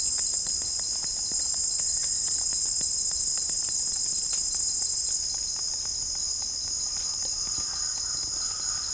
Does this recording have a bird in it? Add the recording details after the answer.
no. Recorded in dense forest near Puerto Asís, Putumayo, Colombia, on 15 December 2024 at 08:00. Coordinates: 0.499, -76.324. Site G045